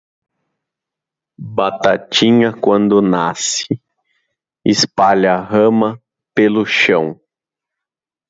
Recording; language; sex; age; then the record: short text; Brazilian Portuguese; male; 30 to 39 years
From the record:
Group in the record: control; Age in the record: 35 years